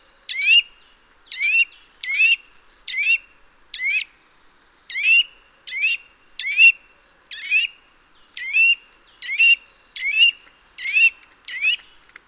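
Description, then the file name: Eurasian nuthatch uttering a steady series of ringing, upslurred calls, with no other sounds. "Sitta europaea"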